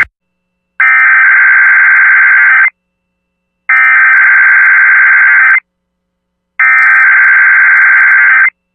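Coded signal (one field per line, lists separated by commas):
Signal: Emergency Alert System (SAME) tones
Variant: header bursts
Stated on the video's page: Monday tests and IPAWS alerts.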